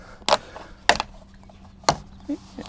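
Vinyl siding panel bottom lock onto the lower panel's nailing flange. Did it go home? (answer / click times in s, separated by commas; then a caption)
no / none. A replacement vinyl siding panel is pressed up so its bottom lock will catch the nailing flange of the course below, making a few sharp plastic clacks and knocks around 0.3 s, 0.9 s and 1.9 s, with fainter ticks in between. The lock fails to catch the flange, so nothing has seated or clicked yet.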